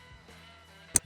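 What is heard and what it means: A headlight bulb on a 2008–2020 Dodge Grand Caravan is lined up with the mark on its plastic wiring plug and pressed down into it. Over a low steady hum, a single sharp click sounds at 0.96 s as the bulb seats completely in the plug. No one talks in the clip.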